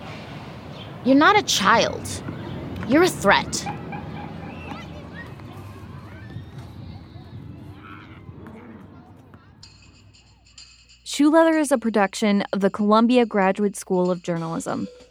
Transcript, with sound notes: You’re not a child. You’re a threat.
[The sound of basketball playing ends.]
[theme begins]
Shoe Leather is a production of the Columbia Graduate School of Journalism.